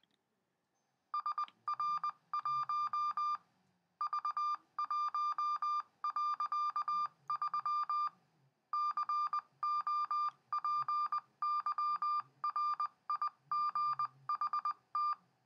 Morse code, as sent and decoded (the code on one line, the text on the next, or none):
... .-. .---- / ...- .---- .-.-.- ...-- / -.-. --- .--. -.-- .-. .. --. .... -
SR1 V1.3 COPYRIGHT